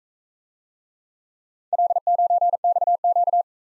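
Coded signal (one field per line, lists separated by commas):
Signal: Morse code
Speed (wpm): 44 wpm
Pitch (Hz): 700 Hz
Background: none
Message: L9XQ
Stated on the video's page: Speed-racing Morse practice of four-character letter-number groups, starting fast and slowing to a 28 wpm base speed.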